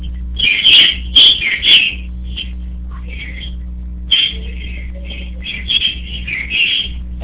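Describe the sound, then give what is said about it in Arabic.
Sparrows chirp loudly in dense bursts of high, bright tweets, one cluster early and another later, with quieter scattered chirps between, all over a steady low electrical hum. “صوت العصافير مرتفع جدا”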